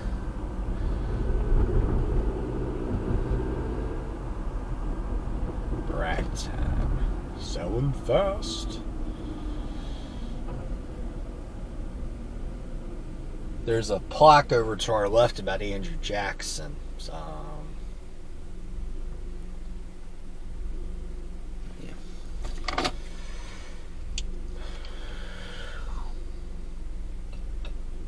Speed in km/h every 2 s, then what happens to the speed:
44, 45, 45, 35, 29, 21, 11, 3, 0, 0, 0, 0, 0, 0.
4-16 brakes to 0. 16-28 standing.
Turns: none.